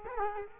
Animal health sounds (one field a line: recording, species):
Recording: mosquito wingbeat signal from an infrared sensor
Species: Culex quinquefasciatus